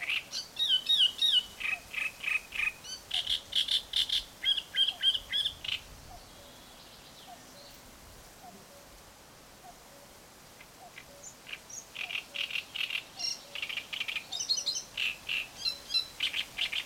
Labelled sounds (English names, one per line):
Great Reed Warbler